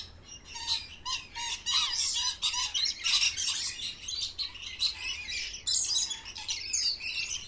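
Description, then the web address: Parrots chatter in a noisy flock, harsh screeches and quick chirps piling on top of one another for the whole stretch. Parrots kept in cages at a zoo. "sound from a zoo where parrots are kept in cages"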